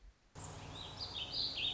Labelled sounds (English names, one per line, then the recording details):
Warbling Vireo
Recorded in Sonoma County, California